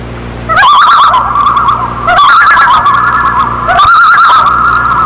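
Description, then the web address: Quavering loon tremolo, three rippling phrases over a sustained tone that carries on between them. "earco loons"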